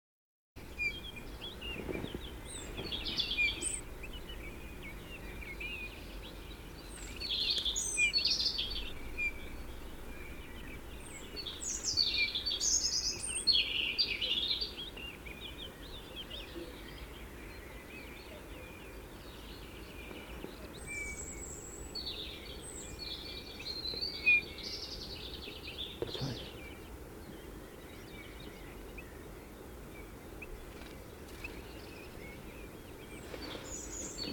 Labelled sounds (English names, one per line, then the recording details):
Eurasian Bullfinch call
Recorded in the wild
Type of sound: call
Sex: Männchen
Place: Lakatnik, Sofia, BG
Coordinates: 43.053, 23.409
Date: 1974-05-18
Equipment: Nagra III BH, Sennheiser MD 21, parabola
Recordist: Schubert, Michael
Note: Rufe Gimpel - Männchen